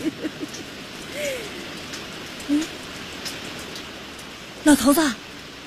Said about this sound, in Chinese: 老天爷真的显灵啊。 哎呀，老头子下雨了，下雨了。